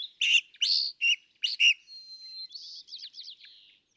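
California thrasher song, a few harsh chattering notes, then a thin whistle and a quick series of slurred downward notes.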